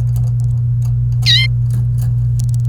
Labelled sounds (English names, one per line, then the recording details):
Domestic Canary song
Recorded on 28 April 2018 at 10:06
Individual llb3